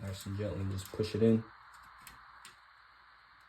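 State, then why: Seated. Someone talks while a power switch assembly is slipped through its opening at the end of a Dell Optiplex 7040 desktop PC chassis and gently pushed in. Two short, sharp snaps follow at 2.1 and 2.5 seconds. The switch seats in the chassis.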